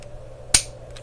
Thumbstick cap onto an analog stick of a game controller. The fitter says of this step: and click sure I've done that that's how you know it's in